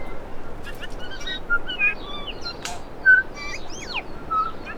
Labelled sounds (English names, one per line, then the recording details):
New Zealand Bellbird song
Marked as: Alarmy(short+up), Stutter(decurved), Alarmy(twobitCUV+beware), Alarmy(twobitCUV+hello), Flatsqueak(downhook), Downhook_Flatsqueak(short), Cough(clickCUV), Pipe(F#[6]+), Cheesy, CUVsqueak, Pipe(E[6])
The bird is a male
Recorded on Cuvier Island, New Zealand, on 4 November 2016
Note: LongSeqRepClicksWheezeSyllable